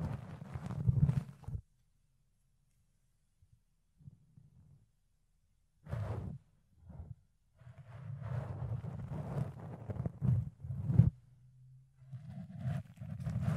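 Fluffy ear cleaning: soft, muffled rubbing and scratching in short bursts with near-silent pauses between. The rustling comes in clusters around the start, near six to seven seconds, and fairly steadily from eight seconds on, low and dull with occasional brighter crackly scrapes.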